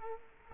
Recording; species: mosquito wingbeat signal from an infrared sensor; Culex quinquefasciatus